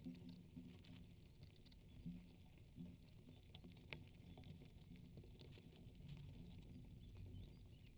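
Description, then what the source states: Ants feeding, a dense low crackling patter with scattered sharp clicks and ticks, steady throughout with a faint low hum underneath. Ants feeding on a strawberry in Italy, recorded by Jez Riley French.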